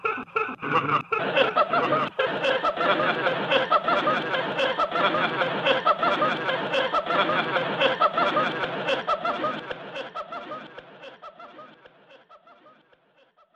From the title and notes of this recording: Laughter in Theatre/Applause in Theatre (1935 Columbia), 78 RPM UK disc.